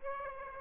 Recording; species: mosquito wingbeat signal from an infrared sensor; Aedes aegypti